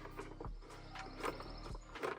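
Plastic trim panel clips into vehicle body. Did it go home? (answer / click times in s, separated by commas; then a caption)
no / none. A plastic trim panel is handled against an LR3's body as it is pressed back on so its alignment pins and clips can engage. Sharp knocks at 0.5 s and 1.4 s stand out over a steady low rumble and tonal background. Nothing has seated or clicked into place yet.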